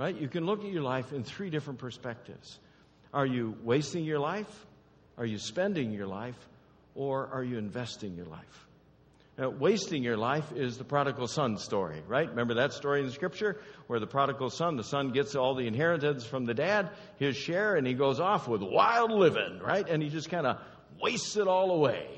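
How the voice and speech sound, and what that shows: A man speaks fluently in a steady sermon-style monologue, with clear voice and ordinary pauses: normal speech.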